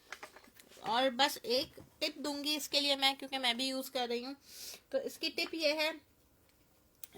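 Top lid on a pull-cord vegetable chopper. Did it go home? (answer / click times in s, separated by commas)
yes / 7.0 s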